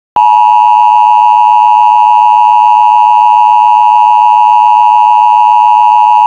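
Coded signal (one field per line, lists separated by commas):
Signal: Emergency Alert System (SAME) tones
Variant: 853 and 960 Hz attention tone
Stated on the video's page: Mock EAS test, a simulation built with macros and an AI-generated voice.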